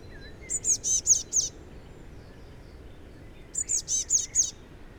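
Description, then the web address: Eurasian blue tit calling twice, each a rapid run of four to five high notes, with quiet background hiss and faint lower chirps. "SETE data Cyanistes caeruleus"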